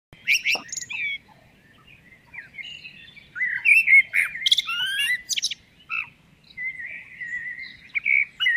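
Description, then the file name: Common blackbird song, with rich slurred whistles interspersed with sharp high squeaks and twitters. Phrases come in bursts separated by short silences. "Turdus merula"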